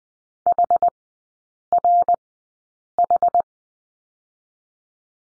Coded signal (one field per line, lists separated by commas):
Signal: Morse code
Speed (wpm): 20 wpm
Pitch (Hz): 700 Hz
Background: none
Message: HRH